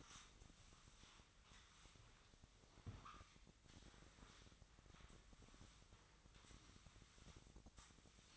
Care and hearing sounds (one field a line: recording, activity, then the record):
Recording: daily activity, microphone in the room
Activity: sweep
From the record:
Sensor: 3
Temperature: 24.8 degrees Celsius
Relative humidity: 38.3%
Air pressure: 1003.1 hPa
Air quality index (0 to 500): 196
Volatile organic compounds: 6 ppm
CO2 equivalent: 1913 ppm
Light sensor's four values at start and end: 16/38/16/17 and 17/40/17/18